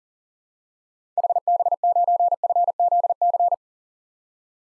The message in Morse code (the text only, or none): HB9FZC